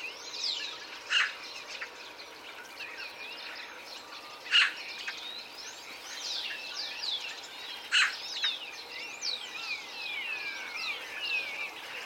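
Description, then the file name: Eurasian magpie uttering single harsh, noisy chack notes roughly every three and a half seconds, three in all, amid a dense chorus of other birds' whistled, sliding calls. "Pica pica"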